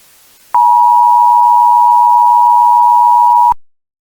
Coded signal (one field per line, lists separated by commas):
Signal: Emergency Alert System (SAME) tones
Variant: 853 and 960 Hz attention tone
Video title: EAS Scenario: DON'T LOOK BEHIND YOU [FULL]